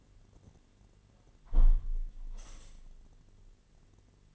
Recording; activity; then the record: daily activity, microphone in the room; close window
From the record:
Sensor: 4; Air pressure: 1007.4 hPa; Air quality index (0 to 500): 200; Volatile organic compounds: 7 ppm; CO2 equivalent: 1991 ppm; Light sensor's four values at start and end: 23/73/28/27 and 23/73/28/27